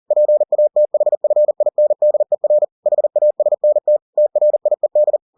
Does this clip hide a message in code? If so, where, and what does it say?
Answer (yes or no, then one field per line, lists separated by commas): yes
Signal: Morse code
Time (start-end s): 0.1-5.2 s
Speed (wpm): 40 wpm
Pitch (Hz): 600 Hz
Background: none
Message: PATHFINDER HASNT TRIED